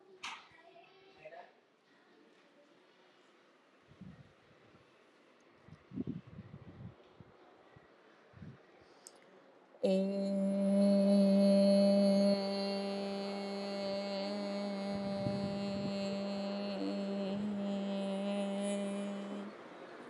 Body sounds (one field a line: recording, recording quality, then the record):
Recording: sustained vowel as in made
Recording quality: excellent, no background noise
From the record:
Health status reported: healthy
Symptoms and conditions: none ticked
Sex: female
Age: 49 years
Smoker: not ticked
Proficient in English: yes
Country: India